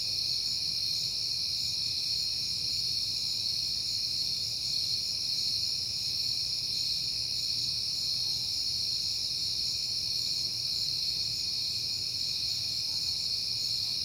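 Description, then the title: Crickets sing in a sustained high trilling chorus that never pauses, a soft low rumble underneath. Crickets at night in September, recorded on a peaceful night. "Night Time: Crickets and Passing Cars"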